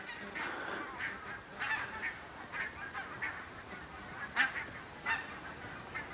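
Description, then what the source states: Barnacle Goose: barnacle geese giving yapping, barking flight calls from a flock in scattered bursts, over soft background noise. A large group of barnacle geese flying over at the Grevelingen; the calls sound like little dogs barking.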